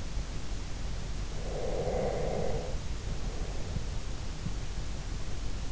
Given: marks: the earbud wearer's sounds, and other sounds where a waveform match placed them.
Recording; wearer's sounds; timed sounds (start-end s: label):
sounds in sleep by an in-ear microphone; breath
1.35-4.01 s: breath